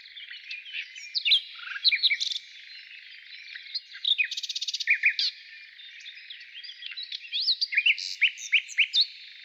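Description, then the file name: Nightingale song: scattered chirps and whistles around a loud fast rattle of repeated notes near the middle. Heard in the morning. "Utro i solovey"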